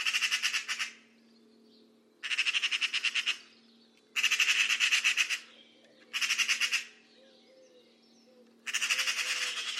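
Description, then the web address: Bird calling in harsh, pulsed rattles, five bursts about a second long coming roughly every two seconds, with soft faint sounds in the gaps. "Deverinetal 2025 File origin Bird Only"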